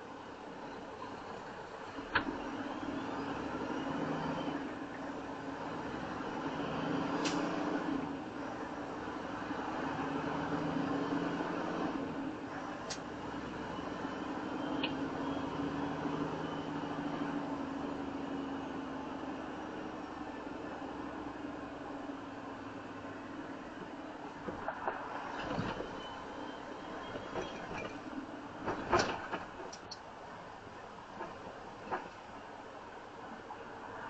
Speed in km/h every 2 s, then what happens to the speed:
0, 10, 13, 16, 19, 23, 26, 27, 29, 27, 24, 23, 18, 19, 18, 5, 0.
0-15 pulls away to 29. 15-24 slows to 18. 28-31 brakes to 0. 31-34 standing.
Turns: none.